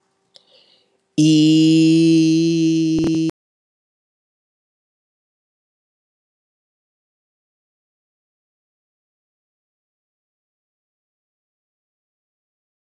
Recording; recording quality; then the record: sustained vowel as in beet; excellent, no background noise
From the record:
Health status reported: respiratory illness, not identified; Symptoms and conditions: hypertension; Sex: male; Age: 45 years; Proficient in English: yes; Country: Canada